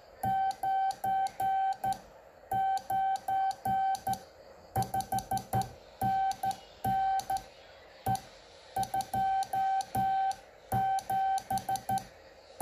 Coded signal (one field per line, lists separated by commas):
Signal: Morse code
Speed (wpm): 12 wpm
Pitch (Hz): 770 Hz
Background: none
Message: 99 5NN E27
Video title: CW ยามเช้ากับ E27DON CU AGN E25ETT EE #RadioByBoy